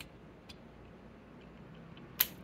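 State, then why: Seated. A plastic clip on the arm of a plastic Transformers X Frankenstein Frankentron figure is lined up and pressed home into its mating notch during transformation, with faint ticks of plastic handling at 0.0 s and 0.5 s. The clip is a bit hard to push in, then snaps into place with a sharp click at 2.2 s and is seated.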